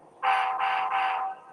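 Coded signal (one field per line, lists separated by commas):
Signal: train horn signal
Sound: three short, closely spaced train horn blasts, slightly synthetic sounding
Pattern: 3 short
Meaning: Three short blasts signal the train is backing up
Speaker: when they're doing their whistle signals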